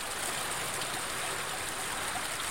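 An underground river flows in a steady, unbroken rush, a dense hiss of moving water with bright, airy upper tones and no voices, holding the same level throughout.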